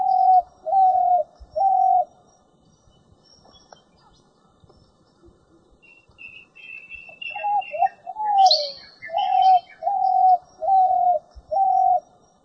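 Spotted dove cooing in soft, low, hollow short notes: one phrase of three, then after a long pause a longer run of notes; a high thin chirping from another bird briefly joins in the middle.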